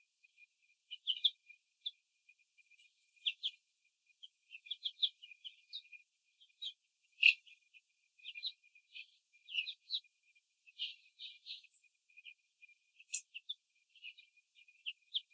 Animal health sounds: young laying hens in a cage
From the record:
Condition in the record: control cage, after the stress test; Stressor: none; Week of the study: 4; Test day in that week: 3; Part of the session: 4

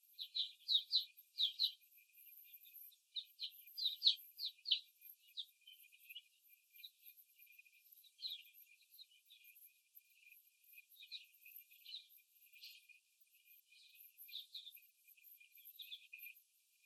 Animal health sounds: young laying hens in a cage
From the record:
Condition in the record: after the stressor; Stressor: simulated dog barking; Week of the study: 1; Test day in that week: 2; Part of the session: 4

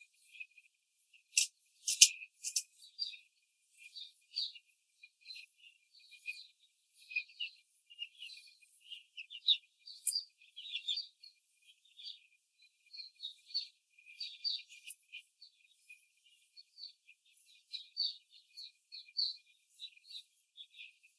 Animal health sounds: young laying hens in a cage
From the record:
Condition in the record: control cage, after the stress test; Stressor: none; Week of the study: 4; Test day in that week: 1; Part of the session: 4

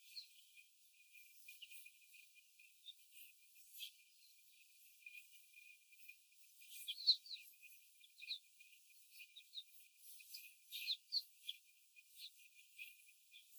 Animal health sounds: young laying hens in a cage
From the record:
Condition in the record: after the stressor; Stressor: simulated dog barking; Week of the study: 4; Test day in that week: 1

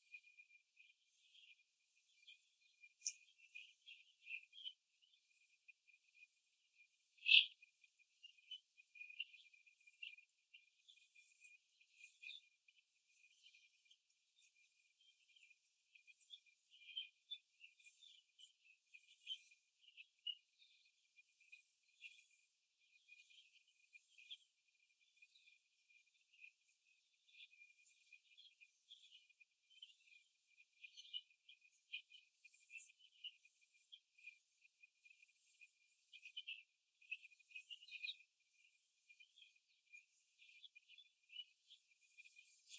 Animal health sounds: young laying hens in a cage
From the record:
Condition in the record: after the stressor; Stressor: simulated dog barking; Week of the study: 2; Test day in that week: 2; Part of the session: 3

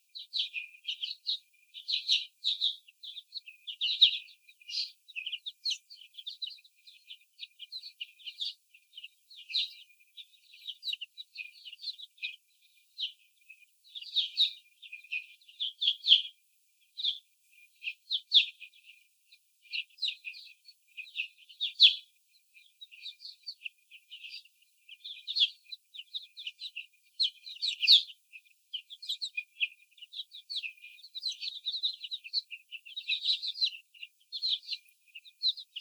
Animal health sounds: young laying hens in a cage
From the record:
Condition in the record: before the stressor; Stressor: sudden umbrella opening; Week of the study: 3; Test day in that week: 2

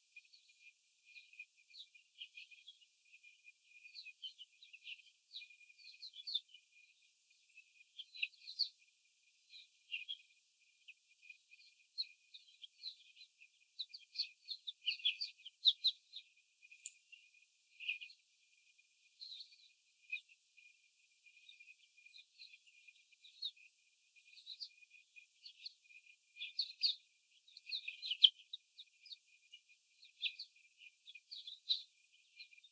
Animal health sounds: young laying hens in a cage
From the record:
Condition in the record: after the stressor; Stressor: simulated dog barking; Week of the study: 4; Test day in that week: 3

